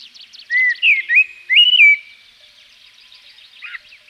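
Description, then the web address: Common blackbird song: one short phrase of three or four smooth, mellow whistled notes, then a faint squeaky note near the end. From Provence. "A természet hangjai 06-A provence-i feketerigó"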